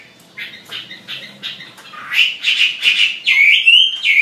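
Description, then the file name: Chinese hwamei giving several short separate notes, then breaking into a louder continuous whistled phrase that rises and flows on to the end. "audio gathering hwamei. omkicau"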